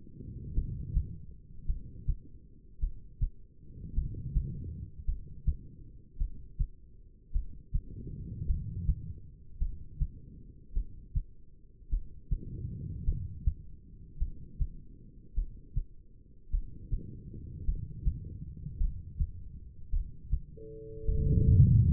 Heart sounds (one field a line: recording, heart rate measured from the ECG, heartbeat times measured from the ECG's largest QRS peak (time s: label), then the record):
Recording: heart sounds by stethoscope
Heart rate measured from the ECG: 53 bpm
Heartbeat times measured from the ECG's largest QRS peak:
0.54 s: heartbeat
1.66 s: heartbeat
2.79 s: heartbeat
3.94 s: heartbeat
5.05 s: heartbeat
6.17 s: heartbeat
7.32 s: heartbeat
8.46 s: heartbeat
9.58 s: heartbeat
10.73 s: heartbeat
11.89 s: heartbeat
13.04 s: heartbeat
14.18 s: heartbeat
15.34 s: heartbeat
16.50 s: heartbeat
17.65 s: heartbeat
18.77 s: heartbeat
19.90 s: heartbeat
21.05 s: heartbeat
From the record:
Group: heart failure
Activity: rest 0-20 s, breath hold 20-22 s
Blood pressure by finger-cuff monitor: 86/62 mmHg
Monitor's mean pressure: 70 mmHg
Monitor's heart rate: 53 bpm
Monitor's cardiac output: 2.6 L/min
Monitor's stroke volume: 49 mL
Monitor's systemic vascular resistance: 1980 dyn s/cm5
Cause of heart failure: non-ischemic cardiomyopathy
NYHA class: 1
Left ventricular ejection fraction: 52%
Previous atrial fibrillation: present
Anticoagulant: apixaban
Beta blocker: bisoprolol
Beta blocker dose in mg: 10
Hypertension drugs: sacubitril-valsartan, spironolactone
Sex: female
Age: 68 years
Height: 169 cm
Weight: 71 kg